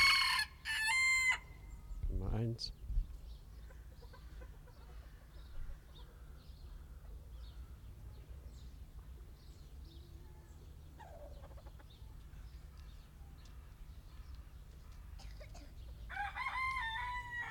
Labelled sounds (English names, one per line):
Red Junglefowl